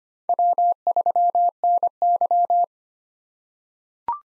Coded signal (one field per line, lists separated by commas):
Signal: Morse code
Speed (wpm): 25 wpm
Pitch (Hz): 700 Hz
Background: none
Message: W3NY